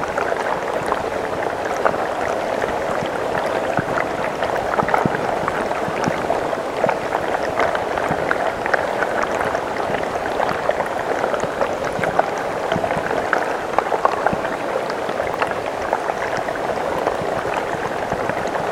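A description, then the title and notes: Water rushes steadily with no pauses, a dense hiss centered in the middle range with faint low rumble beneath. Small splashes and bubbling pops flicker through constantly, giving a boiling, stream-like texture that stays even in level throughout. Tranquil rushing water with ambient white noise mixed. Recorded in the field and then creative mixed with relaxing elements.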